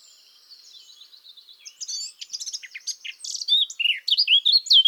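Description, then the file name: Eurasian blackcap song: quiet, scratchy warbling that grows steadily louder into clear, fluty whistled notes near the end. "Sylvia atricapilla"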